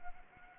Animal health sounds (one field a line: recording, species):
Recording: mosquito wingbeat signal from an infrared sensor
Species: Anopheles arabiensis